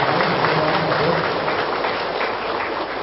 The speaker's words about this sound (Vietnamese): Kính thưa toàn thể thiền đường đại chúng đang hiện diện trên pháp tòa là đại đức giảng sư thạc sĩ Thích Phước Tiến. Chúng ta cho một tràng vỗ tay thật to.